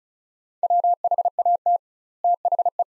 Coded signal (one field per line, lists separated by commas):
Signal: Morse code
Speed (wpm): 34 wpm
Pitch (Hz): 700 Hz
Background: none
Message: WHAT THE